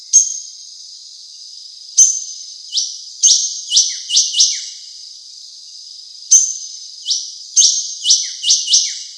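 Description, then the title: Drongo calls: a series of clear, high whistled notes, each dropping sharply, with a few softer lower slurred notes, over a steady high tone. "Suara Srigunting Hobiburung. suara burung srigunting"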